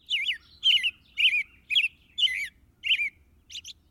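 American Robin singing, clear warbled whistled phrases rising and falling, seven short phrases about every half second with brief pauses, otherwise quiet.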